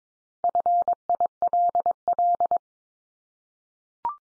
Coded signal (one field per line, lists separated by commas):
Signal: Morse code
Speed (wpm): 22 wpm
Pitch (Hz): 700 Hz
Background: none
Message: FILL